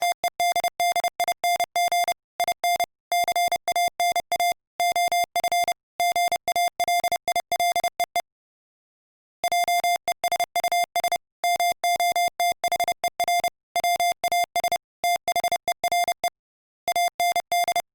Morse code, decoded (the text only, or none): TEDDING IN CANA OF GALILEE JESUS MOTHER WAS THERE AND